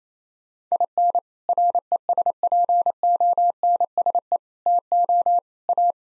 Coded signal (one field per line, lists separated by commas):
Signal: Morse code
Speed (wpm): 28 wpm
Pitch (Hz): 700 Hz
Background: none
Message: IN RESPONSE TO A